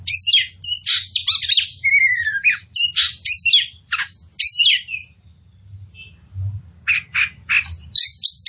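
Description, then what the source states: Oriental magpie-robin song: fast varied whistles, buzzy notes and rising slurs, high-pitched, in bursts, with a short pause midway and then repeated clipped phrases. Kacer poci type of the bird, described as gacor, actively and vigorously singing.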